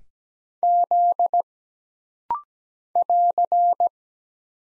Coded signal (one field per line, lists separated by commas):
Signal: Morse code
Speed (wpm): 17 wpm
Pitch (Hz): 700 Hz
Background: none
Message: Z <AR>